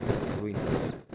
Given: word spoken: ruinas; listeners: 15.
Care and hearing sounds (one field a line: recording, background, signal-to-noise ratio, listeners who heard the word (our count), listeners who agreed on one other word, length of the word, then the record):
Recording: one Spanish word in noise, from a listening test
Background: noise modulated by three-talker babble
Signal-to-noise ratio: -7.1 dB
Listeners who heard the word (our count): 5 of 15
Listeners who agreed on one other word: 8 of 15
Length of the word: 0.75 s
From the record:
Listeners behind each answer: 8, 5, 1, 1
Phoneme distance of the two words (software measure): 20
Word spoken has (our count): 2 syllables, 6 phonemes, stress on syllable 1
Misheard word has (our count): 2 syllables, 6 phonemes, stress on syllable 1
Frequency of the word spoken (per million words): 14.23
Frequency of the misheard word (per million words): 15.44